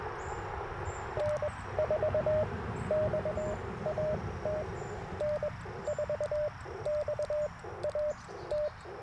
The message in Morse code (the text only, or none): N4XAT N4XAT